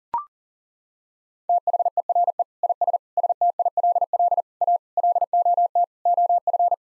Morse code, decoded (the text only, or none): THERE IS STILL A LOT OF